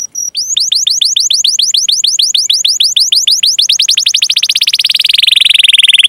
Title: Kenari Gacor Cengkok Terbaik Isian Paling Mewah Kenarigacor Kicaumania Kenari